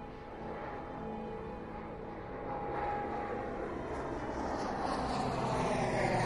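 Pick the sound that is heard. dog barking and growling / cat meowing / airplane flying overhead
airplane flying overhead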